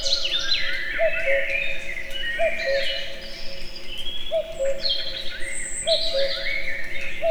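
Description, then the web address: Common cuckoo's soft two-note call repeated five times, high then low, accompanied by a rich chorus of chirping and warbling songbirds. Natural outdoor recording near a tourist house at Eger, with the cuckoo heard both far and near. "allathangok termeszetben kakukk tavolieskozeli egerturistahaz"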